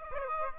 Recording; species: mosquito wingbeat signal from an infrared sensor; Aedes aegypti